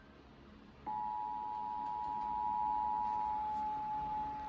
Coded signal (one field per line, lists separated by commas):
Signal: Emergency Alert System (SAME) tones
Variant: 853 and 960 Hz attention tone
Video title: (EAS #19) (Spectrum) "Flash Flood Warning" (Myrtle Beach, SC)